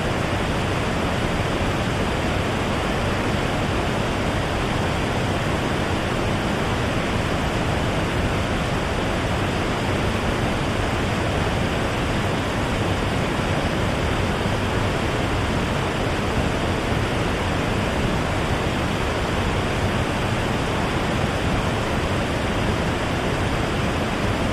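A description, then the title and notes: A waterfall pours in a steady, dense, unchanging rush, full from low rumble to bright hiss, constant throughout with no distinct events. Peaceful Waterfall Sound White Noise.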